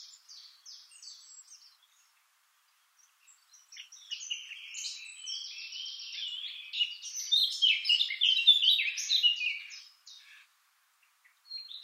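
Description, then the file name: Eurasian blackcap song, a few soft high notes, a pause, then a sustained tumbling warble of chirps and trills that fades before a final short note. "Sylvia atricapilla"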